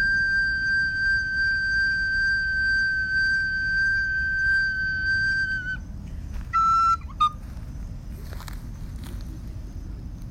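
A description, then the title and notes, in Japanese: A recorder holds one long, steady note for the first half, then plays a few short notes around the seventh second before going quiet. Wind rumbles low and constantly throughout, and a couple of brief bird chirps cut in near the end. 自然とのセッション【リコーダー】。公園でリコーダー吹いてきました。鳥の鳴き声や風の音とのセッション。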